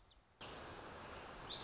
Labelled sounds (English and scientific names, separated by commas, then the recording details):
Lazuli Bunting (Passerina amoena)
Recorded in Sonoma County, California